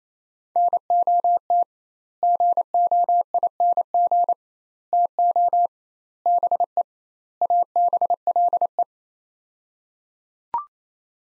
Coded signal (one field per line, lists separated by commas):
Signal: Morse code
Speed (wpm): 27 wpm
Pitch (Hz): 700 Hz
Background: none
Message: NOT GOING TO BE ABLE